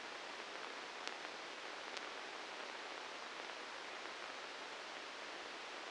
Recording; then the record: brain microelectrode recording played as sound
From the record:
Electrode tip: inside the subthalamic nucleus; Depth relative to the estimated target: 0 mm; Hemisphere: left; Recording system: NeuroSet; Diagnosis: Parkinson's disease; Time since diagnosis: 13 years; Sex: male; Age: 63 years